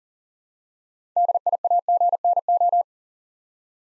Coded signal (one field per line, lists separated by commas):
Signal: Morse code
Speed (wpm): 37 wpm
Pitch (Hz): 700 Hz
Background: none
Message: DIAGNO